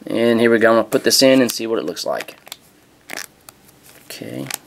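A smartphone (Galaxy Note 3) is being handled to go into a soft, slim jelly plastic case. Someone talks over the first two seconds, then brief handling noises follow, with sharp transients around 3.1, 3.2 and 3.5 seconds. Nothing has seated or clicked yet.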